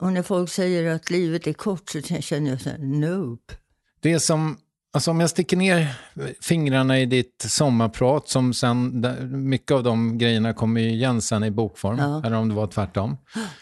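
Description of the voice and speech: An adult speaks Swedish in a relaxed, conversational way, with a medium-low pitch, natural rise and fall, and brief pauses between phrases. Articulation is clear and the voice is smooth and steady, with no blocks, slurring or hoarseness: ordinary fluent speech.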